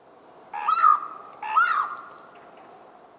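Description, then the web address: Bird calls, two rising notes about a second apart, over steady background noise. "Bird Only"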